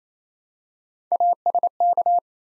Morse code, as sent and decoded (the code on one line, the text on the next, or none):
.- ... -.-
ASK